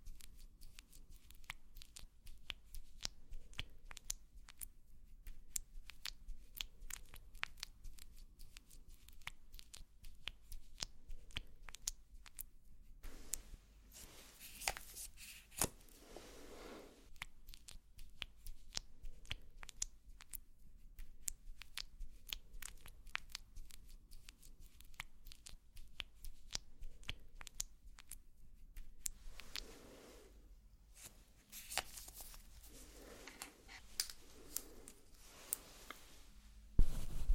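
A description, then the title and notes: Quiet makeup sounds, with dense clicks, taps and soft scratchy brushing and crinkling throughout. Louder bursts of rustling come around 14–17 seconds and again near 30–33 seconds, over a faint low hum. No voice is heard. ASMR Doing Your Makeup , Pure Sounds , No Talking.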